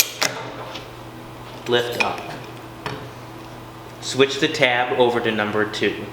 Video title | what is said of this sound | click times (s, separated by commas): How to Use a Button Press | down on the handle firmly until you hear a click | 0.0 s